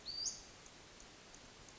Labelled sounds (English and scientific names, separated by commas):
Western Flycatcher (Empidonax difficilis)